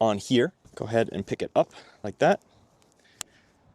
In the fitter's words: That will click right in place like this.